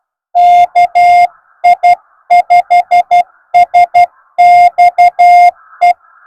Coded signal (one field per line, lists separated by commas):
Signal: Morse code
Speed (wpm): 11 wpm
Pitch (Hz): 720 Hz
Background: music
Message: KI5SXE